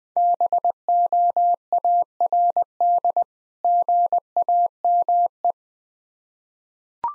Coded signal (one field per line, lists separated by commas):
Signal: Morse code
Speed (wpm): 20 wpm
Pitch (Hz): 700 Hz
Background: none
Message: BOARD GAME